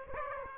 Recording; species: mosquito wingbeat signal from an infrared sensor; Aedes aegypti